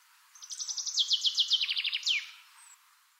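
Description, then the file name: Common chaffinch singing one full phrase, rapid repeated notes falling in stages into a quicker trill, then closing with a loud, downward-sweeping terminal flourish; quiet background otherwise. "Fringilla coelebs"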